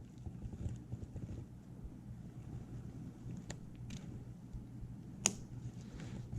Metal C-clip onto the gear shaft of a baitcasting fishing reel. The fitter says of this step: hear it click